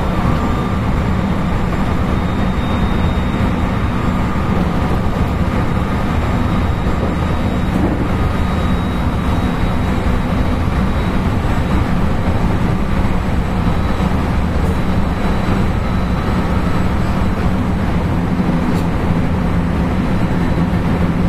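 A JR West 223 series electric train runs steadily, its low rumble and rolling roar holding an even level throughout. Faint whining tones sit above the noise, and a few brief clicks and knocks appear around 8, 15 and 19 seconds.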